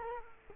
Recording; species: mosquito wingbeat signal from an infrared sensor; Culex quinquefasciatus